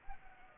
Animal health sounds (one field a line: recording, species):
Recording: mosquito wingbeat signal from an infrared sensor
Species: Culex pipiens